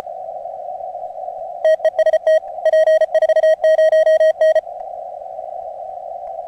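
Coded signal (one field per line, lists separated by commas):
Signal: Morse code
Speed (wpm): 33 wpm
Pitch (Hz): 630 Hz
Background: radio noise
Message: TEST P40N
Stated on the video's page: ARRL DX contest Morse code.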